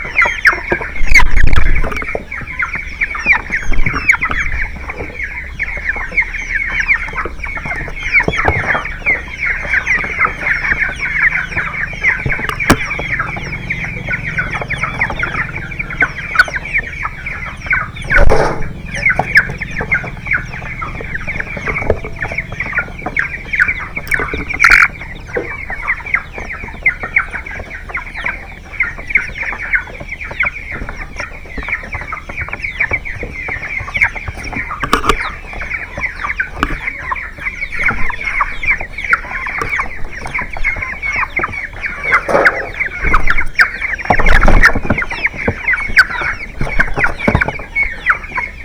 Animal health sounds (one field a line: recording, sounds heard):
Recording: poultry house recording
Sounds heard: background noise or bird activity such as feeding and pecking